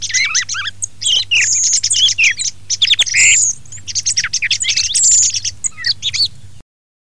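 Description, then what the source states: Thrush delivering a rich medley of looping whistles, chatters and harsh squawky notes in quick succession, ending abruptly in silence. Filtered.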